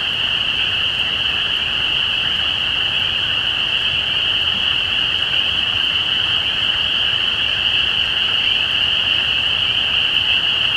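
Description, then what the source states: Spring peeper chorus, continuous high-pitched ringing of many frogs calling at once, steady throughout without pauses. Recorded at Easter 2017.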